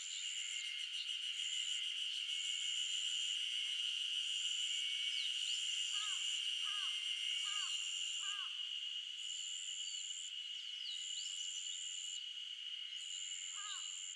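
Insects buzz and hum without a break on an early summer morning in the mountains of Shizuoka, Japan, a dense high whine holding steady throughout. A brighter shrill pulses on and off every second or so, and short chirping calls repeat around six to eight seconds and again near the end.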